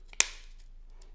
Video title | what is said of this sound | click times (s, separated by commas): Making the 2015 Hugo Award Base | so now if i add this on here it just locks into place the magnets holding it right there | 0.2 s